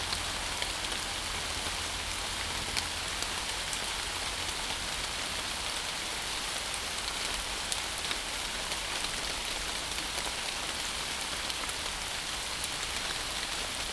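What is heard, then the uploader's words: Rain falls steadily through foliage, a dense, even hiss of countless drops running off leaves. Tiny brighter ticks of individual drops pop out now and then, while a faint low hum sits underneath and fades slightly after the first few seconds. Rain, Northumberland Park. A more disciplined sound recorder would've not set their recording device on a fence. I love the generous, copious nature of rain, especially rain running off countless leaves. It was a close to pitch black as you can get in suburban Tyneside, it seems to me.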